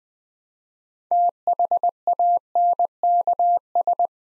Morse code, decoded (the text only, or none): THANKS